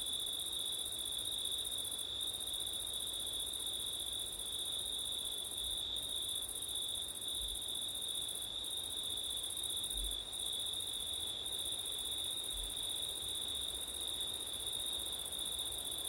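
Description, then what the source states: Cricket: constant shrill trilling of many crickets, the highest layer cutting out for brief moments several times, over faint low wind noise. Crickets on a September night, with wind; ortif (ORTF) microphone setup.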